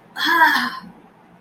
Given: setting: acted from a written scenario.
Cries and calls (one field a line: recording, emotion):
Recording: vocal sound without words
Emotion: ecstasy